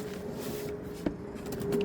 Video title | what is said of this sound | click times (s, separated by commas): Voge DS900X bagažas / Voge DS900X luggage | niekas nesispaudžia. užsirakino. | 1.1 s